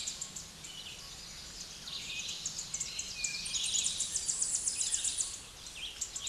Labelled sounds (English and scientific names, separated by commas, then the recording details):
Tennessee Warbler (Leiothlypis peregrina) song
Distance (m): 25 m
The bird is about 5 m above the microphone
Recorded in a Pennsylvania forest on 16 May 2024 at 09:21
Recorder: AudioMoth, point MSD-1411
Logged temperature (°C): 16.1 °C
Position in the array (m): 11 m, 194 m